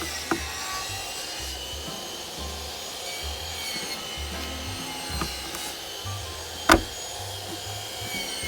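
A plastic push clip on the bottom corner of the driver's-side heat shroud is pressed into the inner hood panel of a 2007–2012 Jeep Liberty during a windshield spray nozzle replacement. Over a low, steady rumble with soft rubbing sounds, sharp snaps are heard at 0.3 s and 6.7 s, the second louder. The clip seats firmly in the hood, and someone talks.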